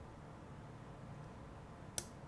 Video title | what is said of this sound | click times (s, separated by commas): 🔥 Epic Yokomo YZ-870C Super Dog Fighter Project 🔥 Build Part 2 ヨコモ スーパードッグファイターの組立て 第二 - #askhearns | It's on. It's on. Give it a little wiggle. A positive little click. | 2.0 s